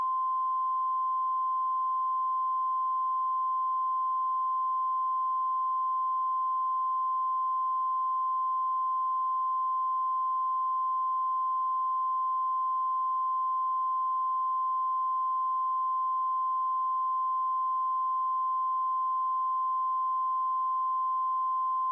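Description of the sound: A single steady, mid-pitched tone of about 1 kHz sounds without a break for about 22 seconds, with no separate beeps. This is the continuous flatline alarm of a cardiac monitor, signalling asystole, meaning no heart electrical activity is detected.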